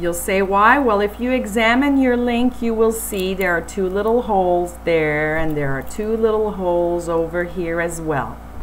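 Someone talks while handling a metal spring pin and a link from a Park Lane watch bracelet, pointing out the two small holes on each side of the link. The pin has not yet snapped back into the link; nothing has seated or clicked yet.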